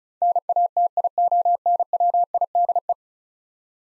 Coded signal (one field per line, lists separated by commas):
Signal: Morse code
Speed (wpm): 36 wpm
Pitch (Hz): 700 Hz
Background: none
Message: NATIONWIDE